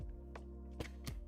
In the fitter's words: Oh, wow, they snap. Okay. Nice. All right, that's the satisfying click.